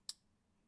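The second end of a wrist band for a Fitbit Charge 3 fitness tracker is lined up and pushed into the slot on the other side of the tracker. A single short, bright click sounds at 0.1 s and then fades into quiet background, confirming the band end is seated.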